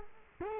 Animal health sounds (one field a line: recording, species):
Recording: mosquito wingbeat signal from an infrared sensor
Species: Culex quinquefasciatus